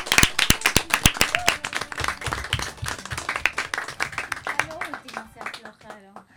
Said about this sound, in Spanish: Y este es un aplauso para ustedes.